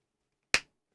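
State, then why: Seated. A small cable connector from an XLR adapter is pushed into a DJI wireless mic transmitter. After silence, one sharp, bright snap rings at 0.5 s and decays quickly, and the connector is seated in place.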